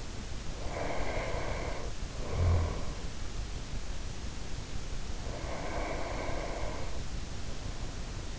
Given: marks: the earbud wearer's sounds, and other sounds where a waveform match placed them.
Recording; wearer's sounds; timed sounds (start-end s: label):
sounds in sleep by an in-ear microphone; snoring breath, breath
0.63-3.00 s: snoring breath
5.18-8.39 s: breath